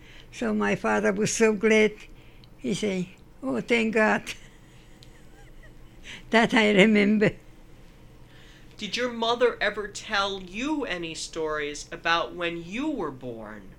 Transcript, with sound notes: so my father was so glad. He said, "Oh thank god." (Laughs) That I remember.
Did your mother ever tell you any stories about when you were born?